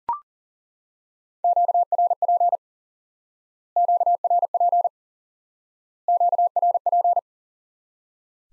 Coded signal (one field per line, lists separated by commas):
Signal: Morse code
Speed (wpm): 40 wpm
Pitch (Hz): 700 Hz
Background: none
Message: QRP QRP QRP